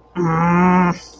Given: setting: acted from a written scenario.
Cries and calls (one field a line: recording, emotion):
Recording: vocal sound without words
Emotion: contempt